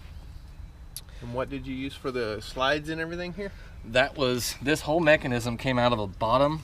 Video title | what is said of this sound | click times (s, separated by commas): The Complete Tour of "The Calypso." | but it rolls right back in there locks into place | 1.0 s